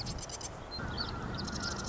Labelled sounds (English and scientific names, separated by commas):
Marsh Wren (Cistothorus palustris)